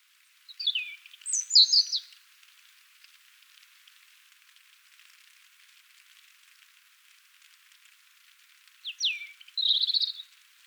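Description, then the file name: European robin song phrases: a short burst of high thin notes near the start, then a long silence, and another brief twittering high phrase near the end. "Erithacus rubecula"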